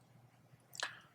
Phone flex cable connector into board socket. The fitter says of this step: you go I can even hear the click